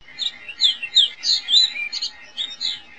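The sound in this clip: Fox sparrow giving a quick jumble of clear, varied whistled and slurred notes, with a quiet background.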